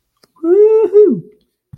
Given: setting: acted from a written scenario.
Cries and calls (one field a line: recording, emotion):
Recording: vocal sound without words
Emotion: triumph